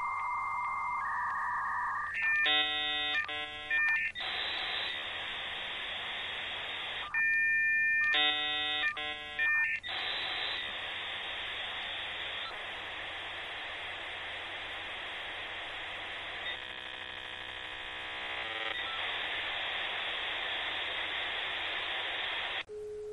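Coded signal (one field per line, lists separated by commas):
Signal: dial-up modem handshake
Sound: steady tones, then chirpy multi-tone bursts and warbles, then long harsh hiss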